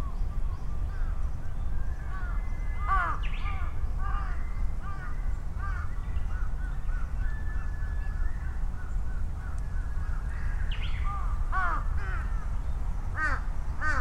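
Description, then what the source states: Crows cawing back and forth in loud bursts at several points, with fainter calls and thin whistles between, over continuous low traffic rumble. Crows calling and responding to each other, Sunday at noon, Ichimiyake, Yasu City, Shiga Prefecture, Japan; vehicle rumble; Sony PCM-M10, omnidirectional mics on bicycle handlebar bag.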